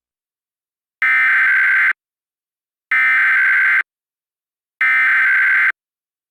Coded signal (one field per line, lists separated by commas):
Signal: Emergency Alert System (SAME) tones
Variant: header bursts